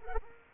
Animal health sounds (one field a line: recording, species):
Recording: mosquito wingbeat signal from an infrared sensor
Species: Culex quinquefasciatus